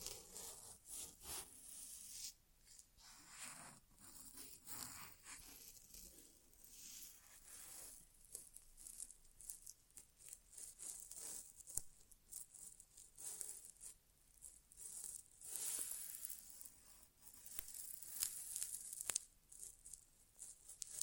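An ASMR inner ear exam without talking: continuous bright rubbing and scratching, dense and uneven, with frequent sharp crackles and brief pauses throughout.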